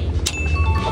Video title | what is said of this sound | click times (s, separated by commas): Pang Harang sa Pickup Bed 👍 🚍 - BARRICADE PH - Jett Lau Rider | Pag sinara niyo dito guys, magla-lock na yan. | 0.3 s